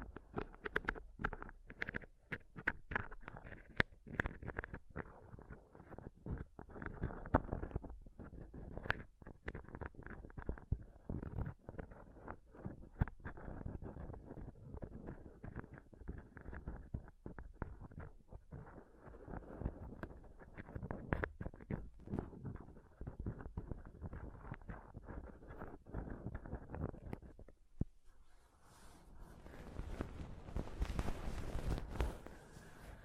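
Dense rubbing and scratching on a microphone, constant rough crackle with sharp taps throughout, turning into a brighter hiss after a pause near 28 seconds.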